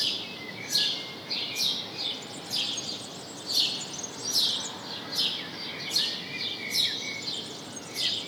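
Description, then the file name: House sparrow chirping: short, bright, buzzy chirps repeated roughly once a second in an uneven rhythm, with a steady background hiss. "Passer domesticus"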